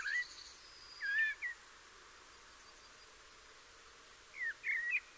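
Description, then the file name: Common blackbird giving short, liquid whistled phrases at the start, then a second group a few seconds later. "Turdus merula"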